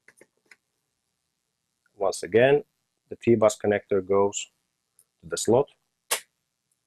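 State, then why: Seated. A radio module is installed last, its T-bus connector going into the slot as the module is pressed down onto the DIN rail. Someone talks while a few faint ticks sound, then a sharp snap at 6.1 s marks the module seating onto the T-bus connector.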